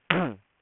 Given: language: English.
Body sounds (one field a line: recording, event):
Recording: throat vibration sensor signal played as sound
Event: throat clearing